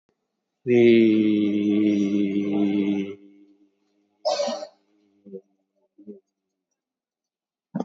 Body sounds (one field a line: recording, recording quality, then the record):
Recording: sustained vowel as in beet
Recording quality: excellent, no background noise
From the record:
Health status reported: COVID-19 positive, mild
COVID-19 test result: positive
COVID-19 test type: RT-PCR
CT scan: taken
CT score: 11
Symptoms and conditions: cough, cold, muscle pain, loss of smell and taste, diabetes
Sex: male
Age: 76 years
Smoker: no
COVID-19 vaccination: none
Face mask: worn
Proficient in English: yes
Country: India